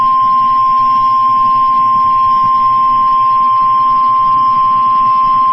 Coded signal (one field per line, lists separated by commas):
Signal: Emergency Alert System (SAME) tones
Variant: 1050 Hz attention tone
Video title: EAS Fire Warning for Logan OK and WXK85 HUMAN VOICE STATION ID 3-5-2022